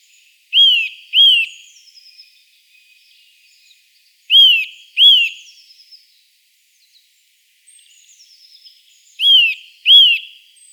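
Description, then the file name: Eurasian nuthatch calls in ringing high paired whistles, rising and falling sharply, three pairs spaced about four to five seconds apart, with faint twittering between them. "Sitta europaea"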